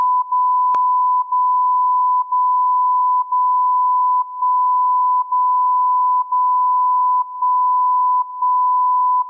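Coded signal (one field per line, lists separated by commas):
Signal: radio time signal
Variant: DCF77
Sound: continuous 1 kHz beat tone that briefly drops out every second, about nine dropouts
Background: one click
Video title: DCF77 Time Signal, Mainflingen Germany - 77,5 kHz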